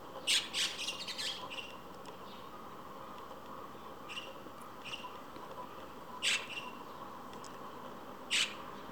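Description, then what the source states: White-cheeked starling calls: a quick run of grating squawks at the start, then scattered single harsh notes, with two sharp loud calls spaced about two seconds apart. Several pairs perched in a row at even spacing along an electric wire, occasionally squabbling noisily with harsh chattering.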